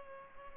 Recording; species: mosquito wingbeat signal from an infrared sensor; Culex pipiens